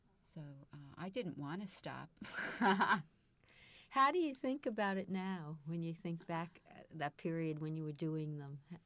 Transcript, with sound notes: So I didn't want to stop. (She laughs.)
How do you think about it now when you think back, that period when you were doing them?